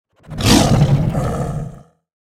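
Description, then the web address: Big cat roar, a single deep rasping growl swelling quickly then fading over about one and a half seconds, with no other sounds. "pantera"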